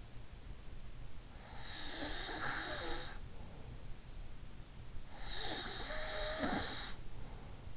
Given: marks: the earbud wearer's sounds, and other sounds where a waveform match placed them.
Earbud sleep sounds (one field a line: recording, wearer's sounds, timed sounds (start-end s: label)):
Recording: sounds in sleep by an in-ear microphone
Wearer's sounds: snoring breath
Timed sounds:
1.45-4.12 s: snoring breath
5.17-7.77 s: snoring breath